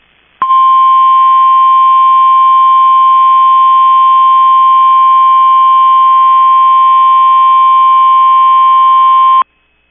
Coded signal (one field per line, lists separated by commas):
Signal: Emergency Alert System (SAME) tones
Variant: 1050 Hz attention tone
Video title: SEVERE T-STORM WATCH 436 (EAS ALERT 198)